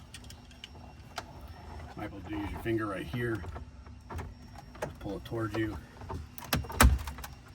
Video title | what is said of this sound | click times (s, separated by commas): 2019 Jeep Wrangler 2 door Sport Heigh 10 install | You'll hear a click, right? | 6.8 s